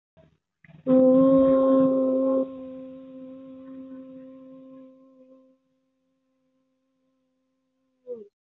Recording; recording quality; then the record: sustained vowel as in boot; excellent, no background noise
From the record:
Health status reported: healthy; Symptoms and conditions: none ticked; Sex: female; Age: 21 years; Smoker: not ticked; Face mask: not worn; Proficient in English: yes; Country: India